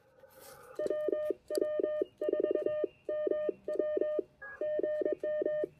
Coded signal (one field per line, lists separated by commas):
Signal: Morse code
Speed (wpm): 22 wpm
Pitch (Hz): 610 Hz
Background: none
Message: WW4MW GM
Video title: One Watt and a Wire! QRPp POTA at Clemmons Educational State Forest!